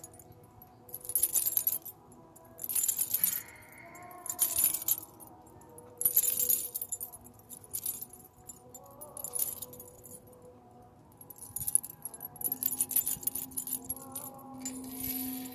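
Bracelets jingle in repeated bright, shimmering bursts roughly every one to two seconds, each lasting about a second. Beneath them, steady ringing tones from singing bowls hold and shift slowly in pitch, with a faint low hum underneath throughout.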